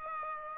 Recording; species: mosquito wingbeat signal from an infrared sensor; Aedes aegypti